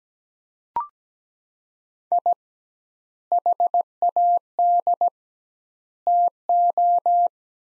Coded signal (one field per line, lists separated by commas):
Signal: Morse code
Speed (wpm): 17 wpm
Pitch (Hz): 700 Hz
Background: none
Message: I HAD TO